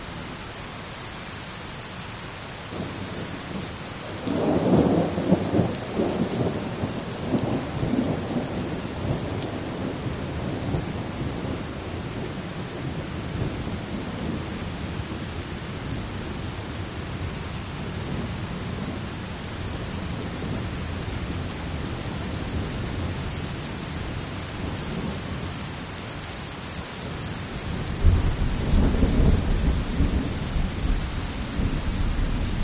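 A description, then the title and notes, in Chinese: Steady rain falls through the whole recording, a dense, even hiss with drops pattering throughout. Low, rolling thunder swells up around five seconds and fades slowly, then a second deep rumble arrives near twenty-eight seconds and carries on to the end. 助眠雷雨声：平静的雨 7。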